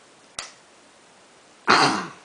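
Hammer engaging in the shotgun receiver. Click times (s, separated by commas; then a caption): 0.4 s. The spring-loaded hammer on the receiver of a Burgess shotgun is worked by hand and clicks into its set position with a sharp, short click at 0.4 s. At about 1.7 s a louder, longer breathy burst follows and fades out by the end.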